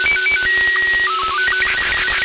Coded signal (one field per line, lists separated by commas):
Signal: SSTV (slow-scan television)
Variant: Robot 36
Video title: Receive SSTV via PSAT-2 (NO-104) 6-SEP-2020 over THAILAND